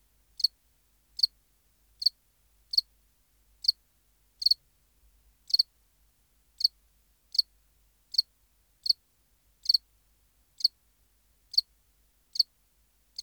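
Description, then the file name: House cricket producing a long steady series of short high-pitched chirps, about sixteen, each under a second apart. "Acheta domesticus"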